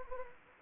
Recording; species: mosquito wingbeat signal from an infrared sensor; Anopheles gambiae